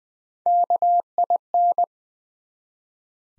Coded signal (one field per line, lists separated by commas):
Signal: Morse code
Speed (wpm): 20 wpm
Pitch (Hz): 700 Hz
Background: none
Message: KIN